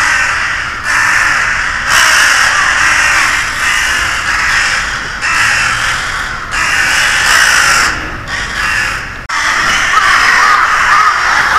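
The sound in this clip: Crow cawing in harsh, hoarse bursts, one after another with short pauses, some calls running together in a steady series.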